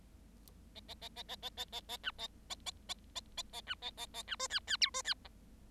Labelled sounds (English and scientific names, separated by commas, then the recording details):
Bengalese Finch (Lonchura striata domestica) song
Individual Bird7